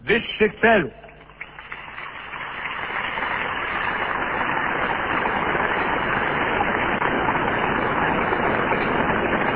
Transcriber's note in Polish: oklaski